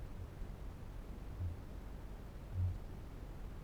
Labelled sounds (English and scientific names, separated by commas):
Kākāpō (Strigops habroptilus) boom